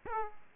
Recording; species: mosquito wingbeat signal from an infrared sensor; Aedes aegypti